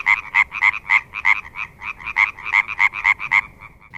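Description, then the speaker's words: European tree frog song, a fast series of loud croaks repeated about four times a second, steady and rhythmic, a little weaker toward the end. Uncommon species, rarely heard; hearing its song marks a site worth protecting, to be reported to nature protection associations. "Parce que quand on entend le chant de la rainette, pour le coup, c'est un site à protéger."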